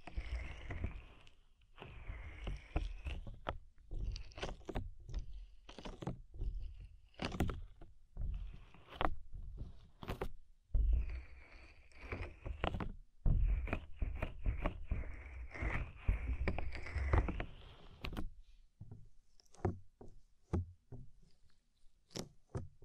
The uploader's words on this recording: ASMR Deep Ear Tingles Soft & Fluffy Triggers (No Talking).